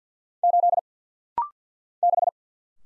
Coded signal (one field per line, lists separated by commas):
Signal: Morse code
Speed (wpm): 50 wpm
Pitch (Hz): 700 Hz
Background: none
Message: 8 6